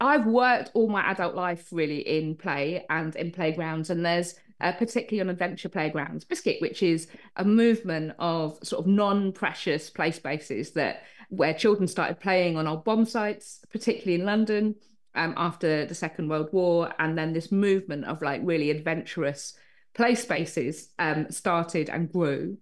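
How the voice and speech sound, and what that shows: Adult woman speaking fluently about play spaces, with an involuntary vocal tic, the word "biscuit", breaking into her speech. Tourette syndrome, with movements and noises she cannot control, called tics; her tics include the words "biscuit" and "hedgehog" and a regular motor tic of banging her chest. Her tics changed and intensified over time and affected her mobility, so she became a wheelchair user.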